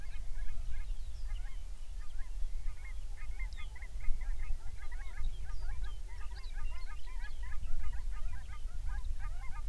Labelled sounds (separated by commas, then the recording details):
songbird, waterfowl
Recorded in the Arctic National Wildlife Refuge, Alaska, on 23 May 2019 at 06:03
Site 49